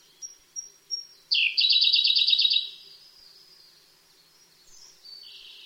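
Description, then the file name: Siberian blue robin singing three thin introductory notes, then a loud rapid trill, followed by a softer high warble. "koruri"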